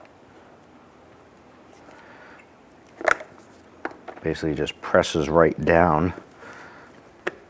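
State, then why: Seated. A metal U-shaped clip is pressed straight down onto a plastic bumper tab while replacing the front bumper cover on a 2005-2010 Chrysler 300, as someone talks. A few faint ticks and handling sounds come first, then a sharp snap at 7.3 s as the clip seats and locks onto the plastic.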